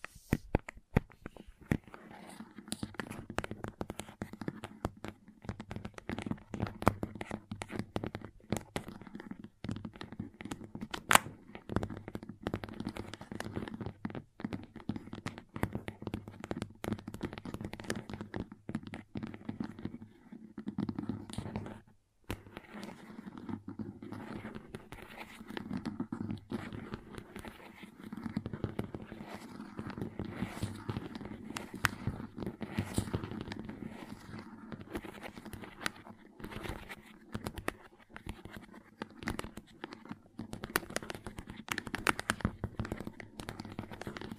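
Slime sounds and crayon scratches fill the clip with dense, rapid clicks, squishes and taps that rarely pause. The sound stays busy and fairly even throughout, with a low hum underneath and a brief near-silent gap around the twenty-second mark.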